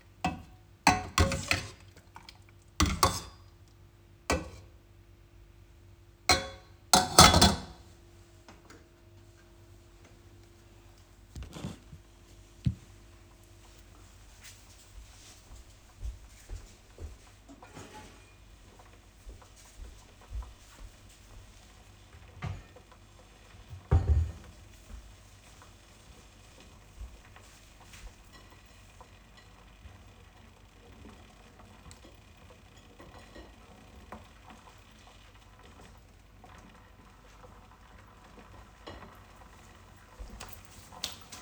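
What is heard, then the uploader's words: Lunch being prepared in a home office: sharp knocks and clatters come in a quick burst over the first eight seconds, then thin out into scattered small taps and scrapes. A low steady hum runs underneath throughout, with a single louder knock near twenty-four seconds. Preparing lunch in the home office, Vienna. This is how it sounds when lunch is being prepared.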